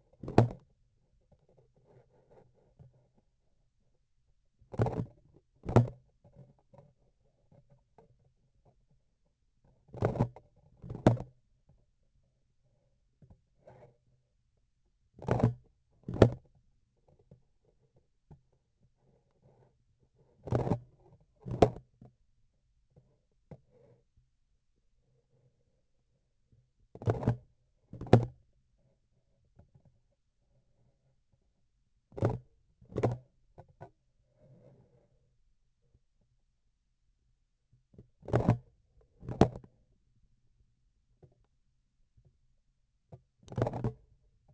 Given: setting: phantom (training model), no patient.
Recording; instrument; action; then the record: laparoscopic instrument, vibration sensor on the handle end; grasping forceps; opening and closing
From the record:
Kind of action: tool actuation without material contact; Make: other than Olympus